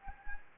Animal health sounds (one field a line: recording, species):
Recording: mosquito wingbeat signal from an infrared sensor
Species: Anopheles gambiae